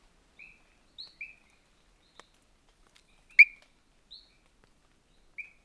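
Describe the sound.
Diasporus igneus: frog calls: brief high chirps at irregular intervals, alternating between a lower and a slightly higher note, with a couple of sharp clicks in between.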